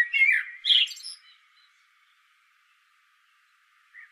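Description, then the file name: Common blackbird song: a low fluty warble sliding down, then a squeaky high twitter, followed by a quiet pause and one faint note at the end. "Turdus merula"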